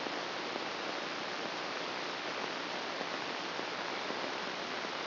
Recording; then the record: brain microelectrode recording played as sound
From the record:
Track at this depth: inside the subthalamic nucleus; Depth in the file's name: 0.537 mm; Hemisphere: right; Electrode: 2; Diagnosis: Parkinson's disease